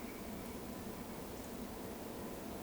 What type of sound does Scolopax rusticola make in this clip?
whistle